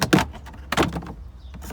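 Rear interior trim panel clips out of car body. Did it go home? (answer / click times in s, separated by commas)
released / 0.0 s, 0.1 s, 0.7 s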